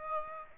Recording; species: mosquito wingbeat signal from an infrared sensor; Aedes aegypti